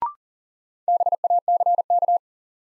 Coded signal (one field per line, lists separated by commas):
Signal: Morse code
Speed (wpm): 40 wpm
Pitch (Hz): 700 Hz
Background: none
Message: BACK